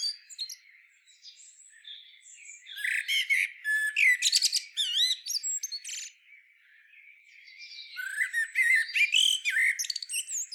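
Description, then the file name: Common blackbird, a soft opening followed by loud squeaky, rasping phrases, a short pause, then more high chattering twitters. "Turdus merula"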